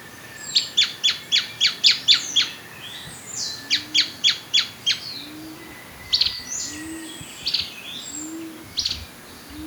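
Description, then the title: Black-crested warbler giving two rapid series of sharp, high chips, about eight and then five, followed by a few scattered single chips; a soft low cooing sounds repeatedly underneath. "Myiothlypis Nigrocristata"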